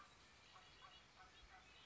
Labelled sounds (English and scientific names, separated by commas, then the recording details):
Red-winged Blackbird (Agelaius phoeniceus)
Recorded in Sonoma County, California